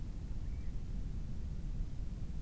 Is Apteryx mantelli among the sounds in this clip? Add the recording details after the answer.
no. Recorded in New Zealand on 18 October 2015. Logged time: 23:14. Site BR12